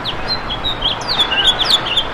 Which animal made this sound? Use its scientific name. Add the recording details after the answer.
Haemorhous mexicanus. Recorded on Long Island, New York, on 11 June 2012. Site HB. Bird D